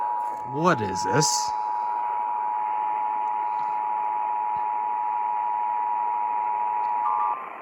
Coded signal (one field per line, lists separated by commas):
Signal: Emergency Alert System (SAME) tones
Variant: 853 and 960 Hz attention tone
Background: speech